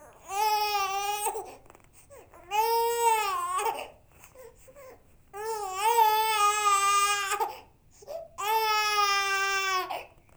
Baby Cry.